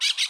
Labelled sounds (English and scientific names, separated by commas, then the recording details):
Brown-throated Parakeet (Eupsittula pertinax) contact call
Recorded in Bonaire
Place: roosting area just N of Seru Largu
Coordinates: 12.199, -68.277